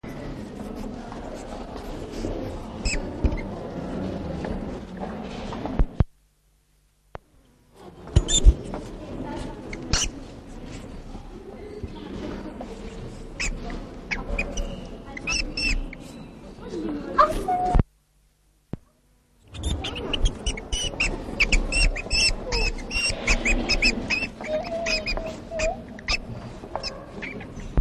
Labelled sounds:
Least Weasel defence call
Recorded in captivity
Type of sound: defence call
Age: adult
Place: Zoo Berlin, Berlin, DE
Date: 1959-11-01 15:00
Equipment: Reporter (Vollspur)
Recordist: Tembrock, Günter
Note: Abwehrlaute eines Tieres, das am Gitter hin und her läuft, sobald das Mikrofon dagegen gehalten wird. Abstand 0,05 m

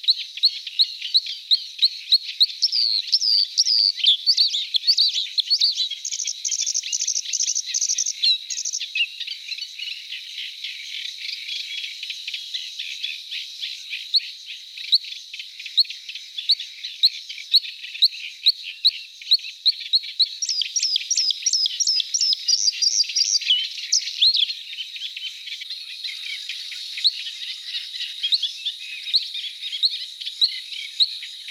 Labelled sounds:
Bluethroat song
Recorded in the wild
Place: Nagyivan / Hortobagy, HU
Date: 1988-05-20
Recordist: Schwarz, Dieter
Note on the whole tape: Song

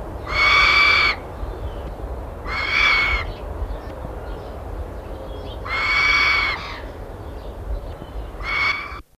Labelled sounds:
Brown Fish Owl call
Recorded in captivity
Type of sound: call
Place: Zoo Antwerpen, Flandern, BE
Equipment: Halbspur, 9,5 cm/s
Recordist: Lütgens, Hans
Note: Rufe

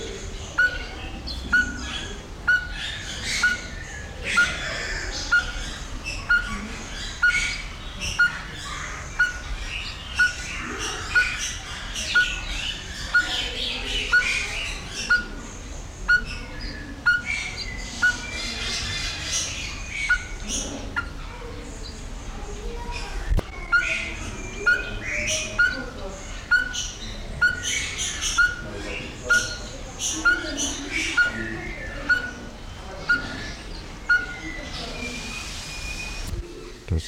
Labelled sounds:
Speckled Tinkerbird call
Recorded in captivity
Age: adult
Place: Zoo Berlin, Berlin, DE
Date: 1993-03-20 10:54
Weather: 5-8 ° C, böiger Wind
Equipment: Marantz CP 430, Sennheiser ME 80, Kopie Uher Variocord 263
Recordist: Tembrock, Günter
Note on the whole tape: Lautsequenz, Einzeltier (1 m)

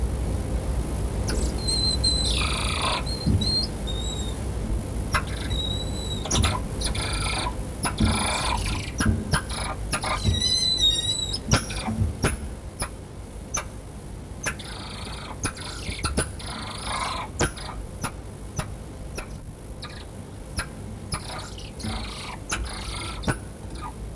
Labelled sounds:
Golden Lion Tamarin call
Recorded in captivity
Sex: pair
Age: adult
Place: Tierpark Berlin, Berlin, DE
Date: 1963-03-06 18:15
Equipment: Minifon, Kopie Smaragd
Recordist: Tembrock, Günter

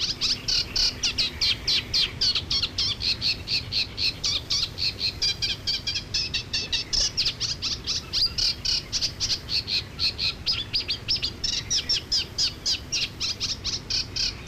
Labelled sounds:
Eurasian Reed Warbler song
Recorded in the wild
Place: Illmitz, AT
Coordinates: 47.7544, 16.7631
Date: 1964-05-19
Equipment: Uher Report 4000, AKG D190
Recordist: Krey, Winfried

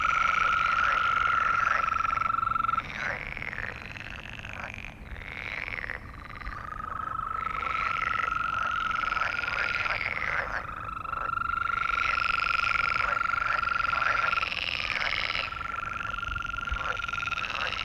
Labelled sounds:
Green Toad call
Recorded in the wild
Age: adult
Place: Malchower Aue, Berlin, DE
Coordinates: 52.5817, 13.4869
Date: 1990-05-20 22:15
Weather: Temperatur: Luft - 8,5°C, Wasser - 17,5°C
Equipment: Uher 4400 Report Monitor, Sennheiser MKH 416 T
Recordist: Frommolt, Karl-Heinz

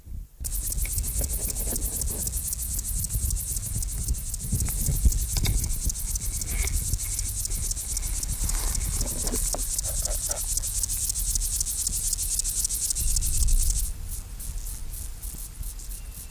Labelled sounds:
Upland Field Grasshopper stridulation
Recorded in the wild
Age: imago
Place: Liebenthal, Schorfheide, Brandenburg, DE
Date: 1999-07-24 13:56
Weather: heiter, 28,6°C
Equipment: Sony WM-D6C, Sennheiser ME 80, Kopie Uher 4000 Report Monitor
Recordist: Tembrock, Günter

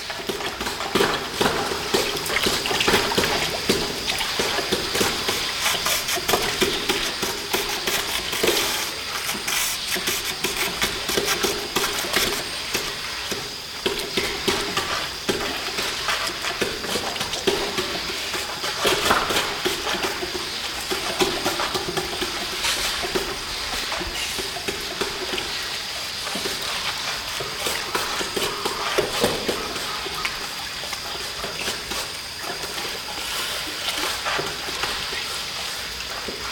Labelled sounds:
South American Sea Lion call
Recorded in captivity
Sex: male
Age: adult
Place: Münchner Tierpark Hellabrunn, Bayern, DE
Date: 1993-09-20 12:28
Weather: 17 °C, heiter
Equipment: Marantz CP 430, Sennheiser MKH 416 T, Kopie Uher Variocord 263
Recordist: Tembrock, Günter

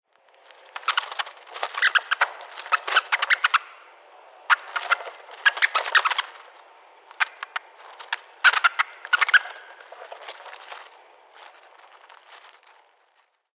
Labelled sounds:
Northern Red-backed Vole
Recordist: Tembrock, Günter
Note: Lautfolgen

